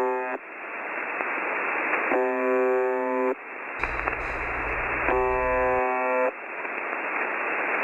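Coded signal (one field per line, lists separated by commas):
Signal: numbers station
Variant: UVB-76 (The Buzzer)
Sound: radio static broken by harsh low buzzes about 1.2 s long, roughly every 3 s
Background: radio static, low rumble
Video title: Hitler listens to UVB-76 the Buzzer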